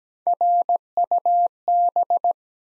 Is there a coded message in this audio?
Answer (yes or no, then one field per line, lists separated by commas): yes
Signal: Morse code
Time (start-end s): 0.3-2.3 s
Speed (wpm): 17 wpm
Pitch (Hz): 700 Hz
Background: none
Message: RUB